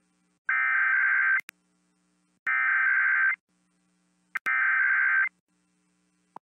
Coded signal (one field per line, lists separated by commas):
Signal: Emergency Alert System (SAME) tones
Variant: header bursts